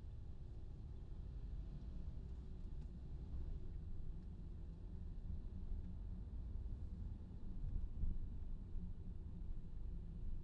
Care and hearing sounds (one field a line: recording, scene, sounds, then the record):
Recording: everyday scene through a hearing-aid microphone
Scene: in a vehicle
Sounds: engine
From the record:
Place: VW T5 Caravelle, diesel engine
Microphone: in the ear canal, left